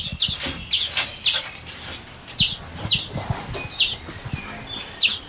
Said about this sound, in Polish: Dzwoniec jest młody, to piszczy. Jego jeszcze czasami trzeba dokarmić trochę.